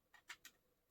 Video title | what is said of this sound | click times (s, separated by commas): Land Rover 42110 | lock into place like this and there's also a little case | 0.1 s, 0.4 s